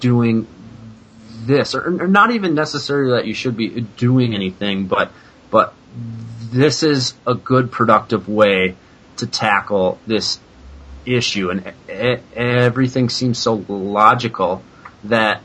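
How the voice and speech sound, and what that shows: An adult man who stutters speaks at a moderate pace, with stretched sounds, a repeated 'but', a broken start on 'e-e-everything', and several held pauses mid-phrase. These are stuttering disfluencies, mainly prolongations and part-word repetitions, in otherwise steady, clear voicing. He is deliberately letting himself stutter more openly, with more prolongation.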